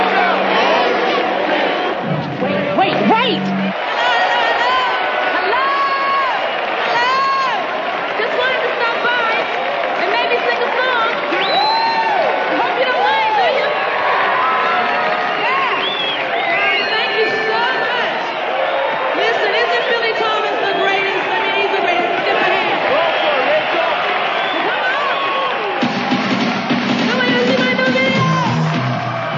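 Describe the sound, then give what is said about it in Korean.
A large concert audience in a film scene roars and chants the name Rachel in unison, loud and sustained for the whole stretch, with shouted voices and cheering rising over a dense wall of noise. “프랭크의 호의를 받으며 집으로 돌아가려고 했지만 레이첼을 연호하는 관중들의 함성에 그녀의 발길을 붙잡습니다.”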